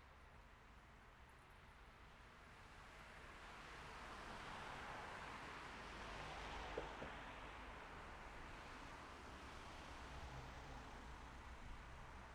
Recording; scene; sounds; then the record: everyday scene through a hearing-aid microphone; in traffic; traffic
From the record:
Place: city secondary road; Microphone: behind the ear, left, rear